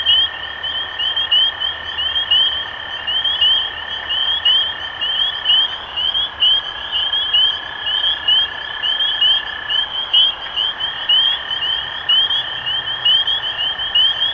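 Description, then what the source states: Spring peepers peeping in a dense chorus, clear rising whistles roughly once a second, with a steady tone running underneath nearly throughout. Recorded 23 March 2012.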